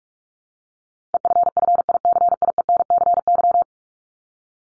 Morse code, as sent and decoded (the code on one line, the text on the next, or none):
. ..-. ..-. .. -.-. .. . -. -.-. -.--
EFFICIENCY